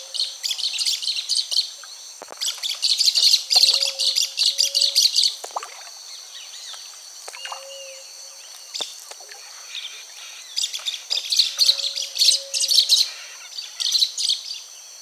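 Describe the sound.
Social flycatcher chattering song: bursts of dense, scratchy high chirps repeating in clusters, with quieter gaps and a few faint, short low tones underneath.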